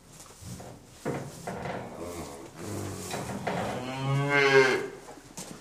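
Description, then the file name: Cow mooing amid scattered rustling and knocks, the clearest low moo near the end. "Kuh Muh"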